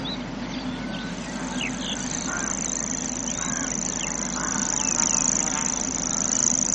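Grasshopper warbler song, a continuous high mechanical reel that starts after a second and runs on unbroken, over scattered chirps from other birds and a steady low hum.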